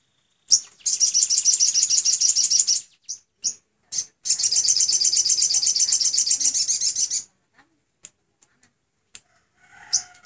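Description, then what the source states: Sunbird singing two long, very high, rapid buzzy trills broken by short chips, then a quieter stretch of scattered thin notes. Tutor recording for training caged sunbirds, given with water therapy; the voice is described as clear.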